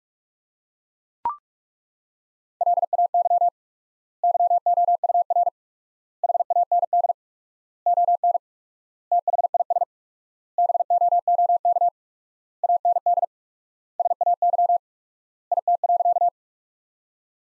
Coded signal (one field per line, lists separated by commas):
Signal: Morse code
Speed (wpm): 41 wpm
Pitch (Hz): 700 Hz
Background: none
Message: LAY YOUR HAND ON THIS BOOK AND SAY IT.